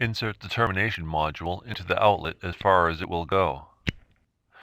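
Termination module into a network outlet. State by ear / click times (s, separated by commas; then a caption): partly seated / 3.9 s. A keyed network termination module is pushed as far as it will go into the back of a plastic data outlet while someone talks. At 3.9 s a sharp click is heard as the latch passes the first of two retention bumps. The module is only partly seated and will lock fully only after termination with the tool.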